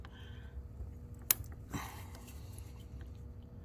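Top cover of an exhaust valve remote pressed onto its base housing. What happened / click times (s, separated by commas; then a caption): One snap clip on the plastic cover engaged; the rest are not yet home / 1.3 s. The plastic top cover of an Audi C7 Valvetronic exhaust valve remote is pressed hard onto its base housing on a table. A single sharp click at 1.3 s is followed by a softer rustle, and only one of the several snap clips has engaged, so the case is only partly closed.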